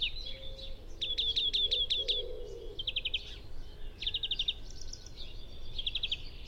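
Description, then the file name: European greenfinch twittering in short rapid trills of clipped ticking notes, several bursts in a row, with a faint low hum in the background. "Chloris chloris"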